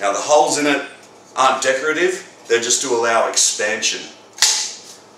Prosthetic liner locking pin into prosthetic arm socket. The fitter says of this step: lock in and then you've got the velcro which locks under the elbow so you just pull that through